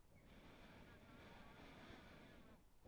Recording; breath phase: one breath near a microphone; inhalation